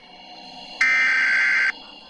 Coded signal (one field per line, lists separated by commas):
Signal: Emergency Alert System (SAME) tones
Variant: header bursts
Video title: EAS Scenario - The Endless Hurricane